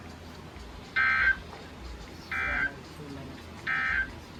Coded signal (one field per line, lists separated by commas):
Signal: Emergency Alert System (SAME) tones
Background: speech